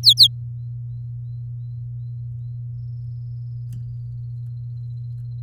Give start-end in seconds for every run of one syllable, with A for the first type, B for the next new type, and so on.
0.03-0.27 A